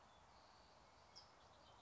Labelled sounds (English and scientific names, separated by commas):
California Towhee (Melozone crissalis)